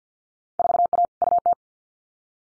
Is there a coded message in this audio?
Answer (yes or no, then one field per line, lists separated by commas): yes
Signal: Morse code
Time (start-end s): 0.6-1.5 s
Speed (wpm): 50 wpm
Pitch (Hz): 700 Hz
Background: none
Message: 4A UT